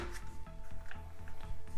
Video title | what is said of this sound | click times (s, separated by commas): Magene MG80 Smart Spinning Bike Review, Connect to Zwift Peloton, Beginner Indoor Cycling Friendly | this snaps right into place | 0.9 s